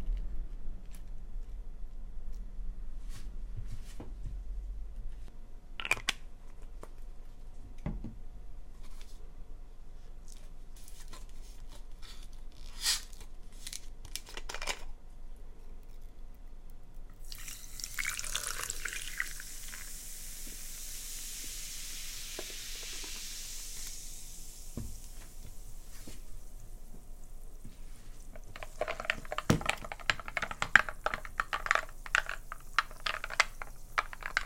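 Cooking sounds: scattered clicks and clinks of utensils, then a loud sizzling burst from about 17 seconds, fading, with busy clattering near the end.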